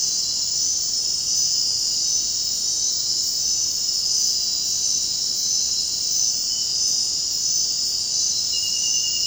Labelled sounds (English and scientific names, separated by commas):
none